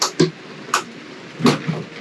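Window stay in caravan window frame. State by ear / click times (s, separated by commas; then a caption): seated / 0.0 s, 0.7 s, 1.5 s. A caravan window is pushed open on the stay in its frame, and the stay clicks through three detent positions at 0.0, 0.7 and 1.5 seconds, with a few softer knocks in between. The window then stays open on its own.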